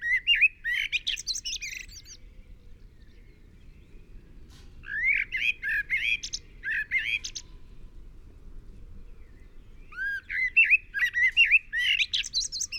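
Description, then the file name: Common blackbird song in three separate phrases, roughly every five seconds, each a mellow whistled warble breaking into high squeaky notes, with quiet pauses between. "Turdus merula"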